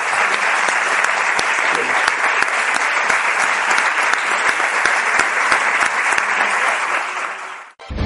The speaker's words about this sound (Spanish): Y no quiero despedirme sin nuevamente daros las gracias por haber estado aquí hoy con nosotros y daros a todos vosotros un fuerte aplauso.